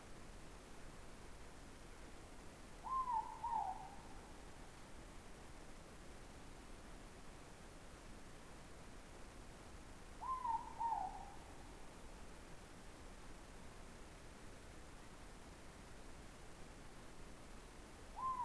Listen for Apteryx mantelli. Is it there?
no